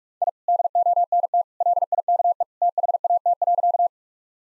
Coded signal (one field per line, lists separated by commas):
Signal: Morse code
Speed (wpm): 44 wpm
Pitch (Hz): 700 Hz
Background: none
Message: I DONT LIKE THAT.